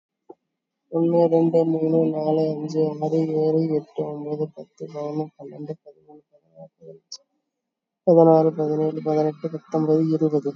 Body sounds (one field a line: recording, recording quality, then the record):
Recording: counting at a normal pace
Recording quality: excellent, no background noise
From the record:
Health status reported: COVID-19 positive, moderate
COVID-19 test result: positive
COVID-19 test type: RT-PCR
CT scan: not taken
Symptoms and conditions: cough, cold, breathing difficulty, sore throat, fever, fatigue, muscle pain, loss of smell and taste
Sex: female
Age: 46 years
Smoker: no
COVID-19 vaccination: both doses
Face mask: worn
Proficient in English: yes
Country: India